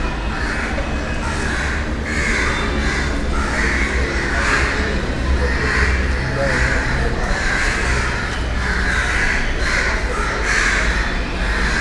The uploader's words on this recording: Crawford Meat Market. Mumbai.